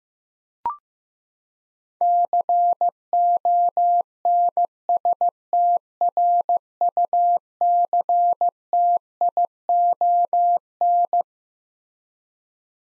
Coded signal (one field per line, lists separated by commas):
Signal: Morse code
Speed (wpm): 15 wpm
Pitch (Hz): 700 Hz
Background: none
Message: CONSTRUCTION